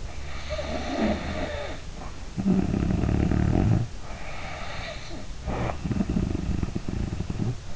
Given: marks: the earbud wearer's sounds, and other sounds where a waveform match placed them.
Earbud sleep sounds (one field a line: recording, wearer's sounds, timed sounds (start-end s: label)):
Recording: sounds in sleep by an in-ear microphone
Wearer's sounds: snoring breath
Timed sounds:
0.35-3.90 s: snoring breath
4.10-7.75 s: snoring breath